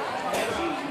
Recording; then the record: coughing mixed with background sound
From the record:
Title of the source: Residual Phlegmy Morning Coughing and Gagging